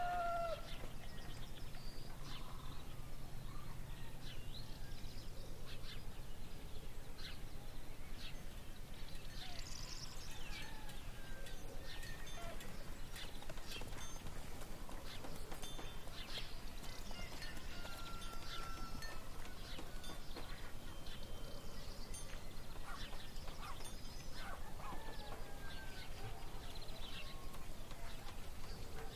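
Birds sing throughout, with short chirps and whistles scattered densely across the whole clip over a steady bed of town activity. Faint voices and animal sounds come and go, and a low rumble sits underneath, strongest in the first few seconds.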